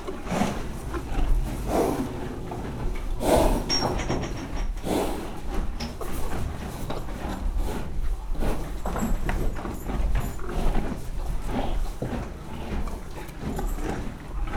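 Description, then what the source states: Horse snorting in short breathy bursts among rustling and knocking sounds, with a low rumble underneath throughout. Horse in a stable on a farmyard while hay is being put in.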